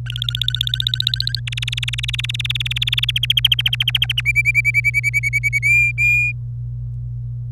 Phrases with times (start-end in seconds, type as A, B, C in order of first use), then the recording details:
0.06-1.40 A, 1.47-3.05 B, 3.09-4.21 C, 4.25-5.59 D, 5.62-6.32 E. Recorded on 26 April 2018 at 12:15. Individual llb3